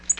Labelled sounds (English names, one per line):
Tennessee Warbler flight call